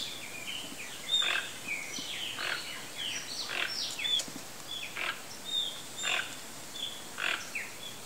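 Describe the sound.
Bird calls, a busy run of high chirps and short slurred whistles repeating through the whole stretch, over broad background hiss.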